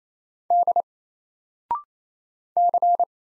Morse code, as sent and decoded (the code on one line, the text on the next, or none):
-.. / -.-.
D C